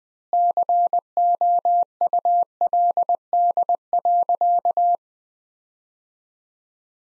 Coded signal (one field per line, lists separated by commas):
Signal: Morse code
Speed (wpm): 20 wpm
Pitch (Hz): 700 Hz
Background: none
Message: COULD.